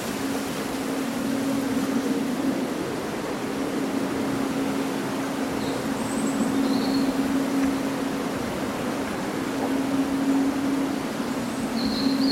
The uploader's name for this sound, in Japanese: そよ風の吹く夏の日、ざわめく葉と鳥のさえずり